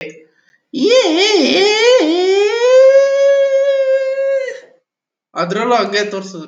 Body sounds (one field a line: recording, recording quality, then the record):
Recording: sustained vowel as in made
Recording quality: excellent, no background noise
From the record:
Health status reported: COVID-19 positive, moderate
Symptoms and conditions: cold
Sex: female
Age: 50 years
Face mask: not worn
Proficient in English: yes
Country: France